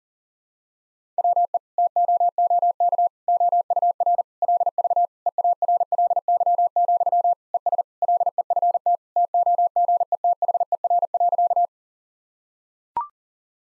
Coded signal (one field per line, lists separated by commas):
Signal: Morse code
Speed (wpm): 40 wpm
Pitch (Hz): 700 Hz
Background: none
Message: WE TOOK OUR LV EARLY, ES LEFT TOGETHER.